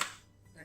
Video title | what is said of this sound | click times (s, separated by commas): Unboxing Preethi Zodiac 2.0 Mixer Grinder | ஒரு சத்தம் கேட்குது, தட் மீன்ஸ் அது லாக்ட். | 0.0 s